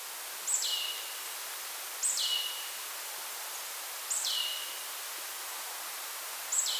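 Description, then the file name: Marsh tit call, four high piping notes that drop to a lower, slightly rough drawn-out sound, spaced about two seconds apart, steady hiss in the background. "Poecile palustris"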